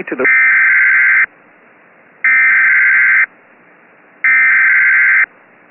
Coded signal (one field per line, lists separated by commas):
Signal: Emergency Alert System (SAME) tones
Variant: header bursts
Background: speech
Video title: Tornado warning (EAS 18)